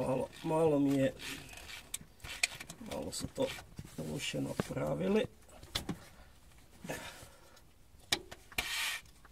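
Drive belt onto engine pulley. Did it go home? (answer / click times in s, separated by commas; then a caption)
yes / 8.1 s. A rubber serpentine drive belt on a Peugeot 308 is worked back onto the engine pulley while someone talks, with scattered knocks and scrapes from the work. At 8.1 s the belt drops into place with a sharp knock, seated on the pulley.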